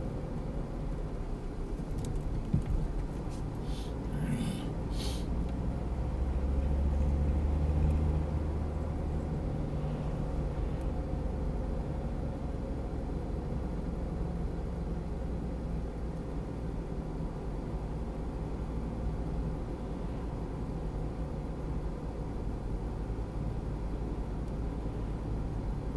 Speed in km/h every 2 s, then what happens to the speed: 48, 43, 45, 52, 54, 53, 49, 45, 43, 43, 41, 40, 40.
3-7 speeds up to 54. 9-16 slows to 43. 16-26 steady at about 41.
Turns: none.